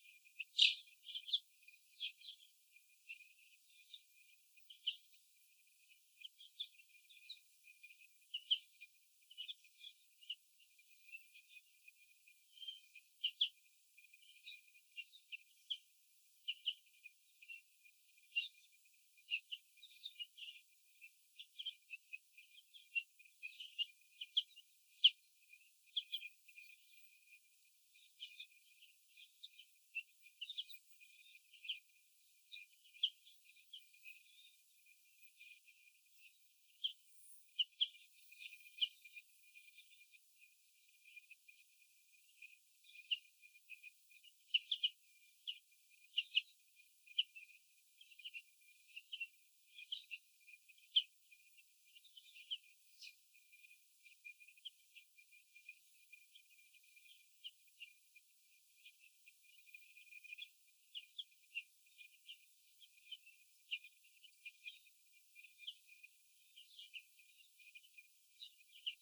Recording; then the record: young laying hens in a cage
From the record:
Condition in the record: before the stressor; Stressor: sudden umbrella opening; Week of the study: 2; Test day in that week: 1